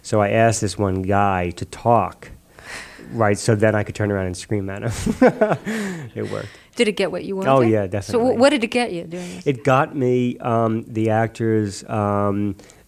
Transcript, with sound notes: So I asked this one guy to talk - right? - so then I could turn around and scream at him (laughter). It worked.
Did it get what you wanted?
Oh, yeah, definitely.
So what did it get you doing this?
It got me the actors